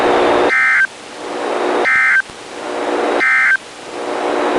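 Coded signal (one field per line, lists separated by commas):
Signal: Emergency Alert System (SAME) tones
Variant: end-of-message bursts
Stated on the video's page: Direct audio capture of a real Required Weekly Test from NOAA Weather Radio KEC62; valid SAME data headers.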